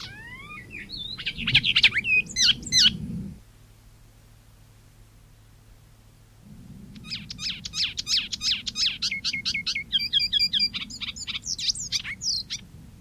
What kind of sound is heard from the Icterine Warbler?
song